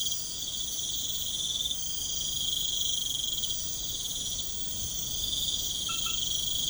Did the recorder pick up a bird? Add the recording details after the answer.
no. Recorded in pastures near Puerto Asís, Putumayo, Colombia, on 13 March 2025 at 00:30. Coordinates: 0.505, -76.324. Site GP08